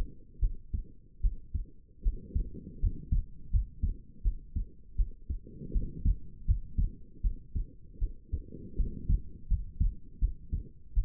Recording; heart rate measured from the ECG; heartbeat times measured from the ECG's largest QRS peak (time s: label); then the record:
heart sounds by stethoscope; 80 bpm
0.39 s: heartbeat
1.21 s: heartbeat
2.02 s: heartbeat
2.79 s: heartbeat
3.50 s: heartbeat
4.22 s: heartbeat
4.96 s: heartbeat
5.72 s: heartbeat
6.45 s: heartbeat
7.21 s: heartbeat
7.98 s: heartbeat
8.75 s: heartbeat
9.47 s: heartbeat
10.19 s: heartbeat
10.93 s: heartbeat
From the record:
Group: healthy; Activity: rest 0-7 s, light exercise 7-11 s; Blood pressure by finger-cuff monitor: 94/58 mmHg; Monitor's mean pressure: 69 mmHg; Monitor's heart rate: 81 bpm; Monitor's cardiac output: 6.3 L/min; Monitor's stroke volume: 80 mL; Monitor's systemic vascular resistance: 770 dyn s/cm5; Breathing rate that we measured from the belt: 18 breaths a minute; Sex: female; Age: 19 years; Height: 163 cm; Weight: 48.9 kg